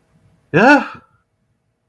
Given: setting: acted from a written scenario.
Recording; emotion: vocal sound without words; distress